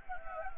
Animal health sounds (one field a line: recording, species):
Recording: mosquito wingbeat signal from an infrared sensor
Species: Anopheles gambiae